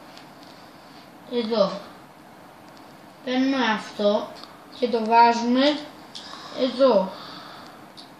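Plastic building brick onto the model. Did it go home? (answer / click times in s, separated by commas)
partly / 8.0 s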